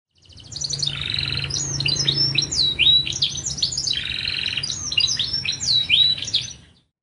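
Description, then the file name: Lancashire canary singing a lively unbroken phrase of harsh buzzy rolls, bright slurred whistles and rapid chattering trills, ending abruptly; faint low hum in the background. "kenari lancashire"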